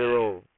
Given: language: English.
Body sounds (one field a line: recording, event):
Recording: throat vibration sensor signal played as sound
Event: speech